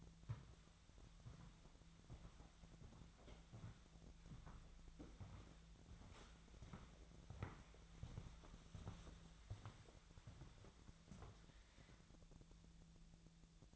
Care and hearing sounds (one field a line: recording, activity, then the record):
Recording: daily activity, microphone in the room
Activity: walk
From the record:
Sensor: 3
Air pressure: 1008.3 hPa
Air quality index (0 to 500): 192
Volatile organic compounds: 14 ppm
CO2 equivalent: 2462 ppm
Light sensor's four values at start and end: 19/46/19/20 and 19/45/19/20